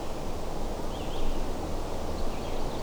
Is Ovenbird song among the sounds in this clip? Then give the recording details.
no. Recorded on 21 June 2016 at 08:19. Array SBT-6-76